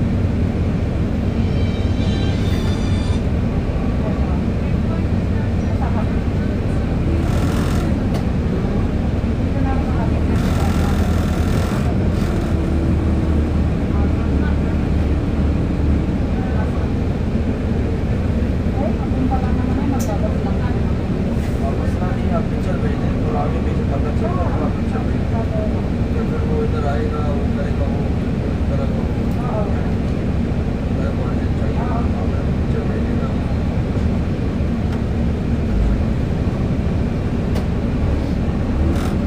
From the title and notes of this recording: Al Nadha to Deira city centre Dubai travel experience. Using 22 bus I'm traveling to Deira city centre bus station.